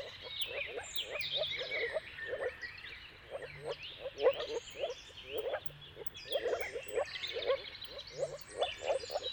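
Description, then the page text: Moor frogs give separate soft low pulses, several each second, with varied birdsong chirping and whistling above. Moor frog mating calls at sunrise, turn of March and April, timing depending on weather; recorded by Jakub Orzecki. "Jakub-Orzecki moor frogs. Dawn’s Chorus: Mating Calls of Marsh Frogs at Sunrise. Depending on the weather at the turn of March and April, you can witness an amazing spectacle of moor frogs"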